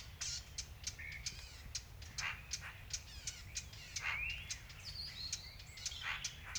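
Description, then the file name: Eurasian blackcap clicking with dry tack calls in quick runs, while other birds add slurred whistled notes and a low rumble continues. "Sylvia atricapilla"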